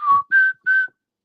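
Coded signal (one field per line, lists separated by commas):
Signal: whistled language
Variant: Igbo oja flute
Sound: three short breathy flute notes, one lower then two higher, level pitch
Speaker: it's a speech surrogate instrument and so it can call your name as far as your name has tones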